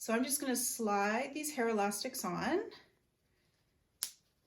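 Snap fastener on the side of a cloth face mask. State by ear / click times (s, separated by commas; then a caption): seated / 4.0 s. Someone talks while sliding hair elastics onto the sides of an Olson cloth face mask, then a short silence follows. The snap fastener on the side of the mask is pressed closed with a single sharp click at 4.0 s, and it seats in place.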